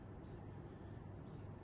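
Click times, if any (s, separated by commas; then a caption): none. A SATA data cable is handled at the connector on the hard disk side, being lined up to plug in. Only a steady low background hum is heard, with no sharp hits. Nothing has seated or clicked yet.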